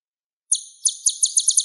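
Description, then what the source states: Sunbird song: very high, sharp chirped notes starting after a brief silence, quickening into a rapid repeated series. Sunbird song used to lure birds.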